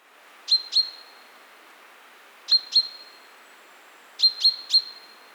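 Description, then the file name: Common chaffinch calling with sharp high notes in pairs, then a run of three, each note ringing briefly, over low background hiss. "Fringilla coelebs"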